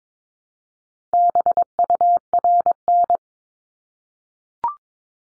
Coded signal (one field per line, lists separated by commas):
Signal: Morse code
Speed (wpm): 22 wpm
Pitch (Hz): 700 Hz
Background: none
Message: BURN